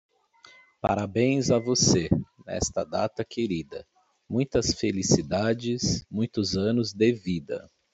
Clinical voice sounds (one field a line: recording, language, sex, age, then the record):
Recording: short text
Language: Brazilian Portuguese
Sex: male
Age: 30 to 39 years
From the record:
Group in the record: control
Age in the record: 36 years